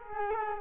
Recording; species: mosquito wingbeat signal from an infrared sensor; Culex quinquefasciatus